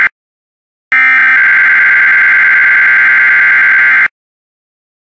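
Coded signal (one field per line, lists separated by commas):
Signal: Emergency Alert System (SAME) tones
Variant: header bursts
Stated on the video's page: Required weekly test conducted by an FM and an AM broadcast station, captured on a Weatherscan music radio stream.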